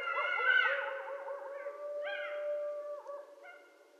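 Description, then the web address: Coyotes howling together, several overlapping wavering, yodel-like tones with a long steady note beneath and short rising and falling howls breaking in over four seconds. Several coyotes, recorded 12 November 2012. "Coyote 2012 11 12 Coyotes"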